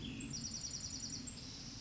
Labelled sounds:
Bewick's Wren
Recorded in Sonoma County, California

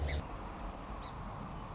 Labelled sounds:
Song Sparrow
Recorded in Sonoma County, California

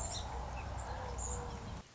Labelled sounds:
Song Sparrow
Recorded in Sonoma County, California

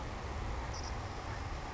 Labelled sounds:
Savannah Sparrow
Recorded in Sonoma County, California

